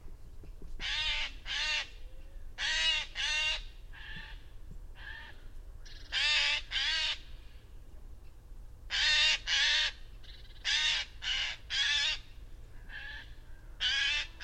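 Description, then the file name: Eurasian jay giving repeated raspy screeches, often in pairs, with quieter screeches between them. "Garrulus glandarius"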